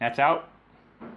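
Someone talks while handling a small plastic wire connector plug from a fashion-tech kit, bringing it toward its mating socket. Speech dominates, followed by a brief quiet stretch and more faint voice. Nothing has seated or clicked yet.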